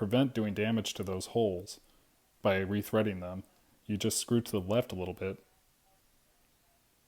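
A self-tapping screw is turned a little to the left, counter-clockwise, in its plastic boss on a Game Boy DMG-01 handheld console housing, to find the existing thread so the hole is not rethreaded and damaged. Someone talks in bursts through most of the clip, then it falls quiet after about 5.5 s. The screw has not yet dropped into the thread with a click, and nothing has seated.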